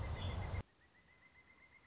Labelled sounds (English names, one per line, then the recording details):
Pileated Woodpecker
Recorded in Sonoma County, California